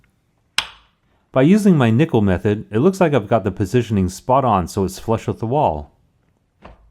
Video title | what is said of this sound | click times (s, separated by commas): How to Install Top Down Bottom Up Cellular Shades (Honeycomb Blackout from Lowe’s & Home Depot) | I'll press the blind towards the window until it clicks. | 0.6 s